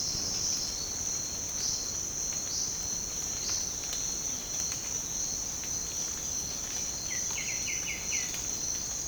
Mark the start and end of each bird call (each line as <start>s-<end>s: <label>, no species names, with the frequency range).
1.49s-3.76s: bird call (4.0-5.9 kHz)
7.12s-8.30s: bird call (1.6-3.7 kHz)